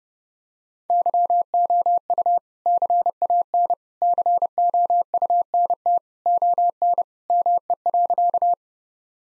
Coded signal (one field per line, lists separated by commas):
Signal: Morse code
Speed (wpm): 28 wpm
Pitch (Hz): 700 Hz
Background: none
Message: YOU CAN COUNT ON ME.